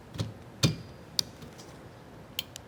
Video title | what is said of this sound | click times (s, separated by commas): How to Replace Windshield Wipers on ANY Vehicle (Easy) | there's the click, and you should be able to kind of tug on it and it doesn't just fall out. | 1.2 s